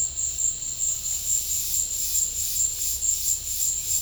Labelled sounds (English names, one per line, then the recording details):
none
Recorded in pastures near Puerto Asís, Putumayo, Colombia, on 26 December 2024 at 13:30
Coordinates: 0.496, -76.326
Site G004